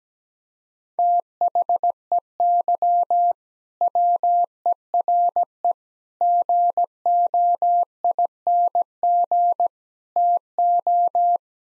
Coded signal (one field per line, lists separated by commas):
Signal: Morse code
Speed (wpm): 17 wpm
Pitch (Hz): 700 Hz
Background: none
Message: THEY WERE GOING TO